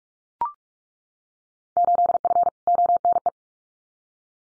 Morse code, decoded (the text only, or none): 8F ONE